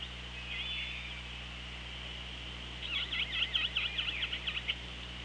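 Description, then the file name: Killer whale sounds: a short wavering whistle first, then a quick burst of about ten pulsed, buzzy call units, over a background hiss. Recorded on the Orca Lab hydrophone, 24 August 2017 at 17:23. "Orca Lab UTLN JASON 20170824 172300"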